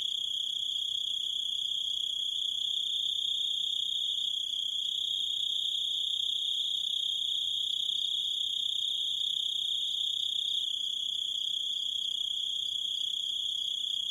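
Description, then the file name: Grasshopper song, a continuous high-pitched buzzing trill that stays level and unbroken from start to finish. "zvuki kuznechika"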